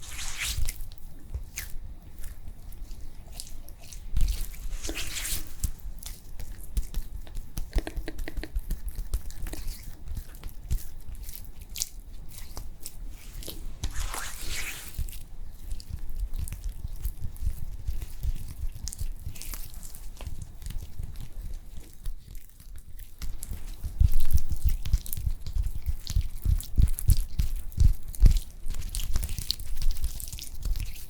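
Spa facial care treatment with soft, wet, squishy handling sounds running throughout, full of quick crackles and small taps. Brief brighter swishes stand out near 4, 8 and 15 seconds, and after about 23 seconds the dabbing grows louder and more rhythmic.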